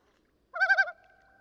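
Common loon giving one brief, rich tremolo burst of three or four quick pulses, followed by a lingering steady tone.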